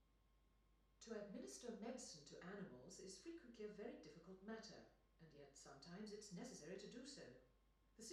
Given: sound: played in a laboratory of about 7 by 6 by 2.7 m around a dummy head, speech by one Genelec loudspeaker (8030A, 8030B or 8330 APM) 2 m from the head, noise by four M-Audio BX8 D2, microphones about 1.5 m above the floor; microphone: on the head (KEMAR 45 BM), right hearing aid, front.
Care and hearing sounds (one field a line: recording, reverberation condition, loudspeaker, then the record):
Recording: female speech in English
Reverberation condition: medium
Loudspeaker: 30 degrees to the left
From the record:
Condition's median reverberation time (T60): about 510 ms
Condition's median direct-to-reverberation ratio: about -0.5 dB